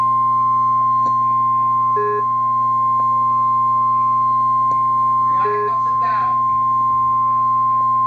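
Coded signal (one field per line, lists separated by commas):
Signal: Emergency Alert System (SAME) tones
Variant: 1050 Hz attention tone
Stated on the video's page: Real NOAA weather radio tornado warning alert, with background beeping, screaming and noise.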